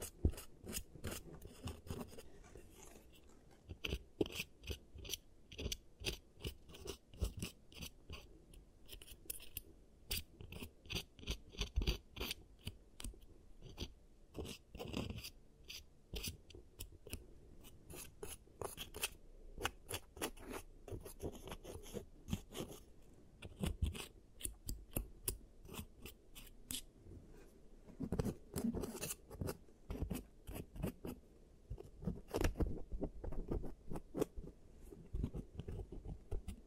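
Giant teeth treatment for cavities: dense, quick snipping and scraping clicks, a near-constant string of short crisp strokes over a soft low rumble.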